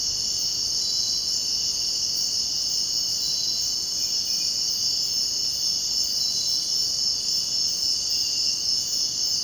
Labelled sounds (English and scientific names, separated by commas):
none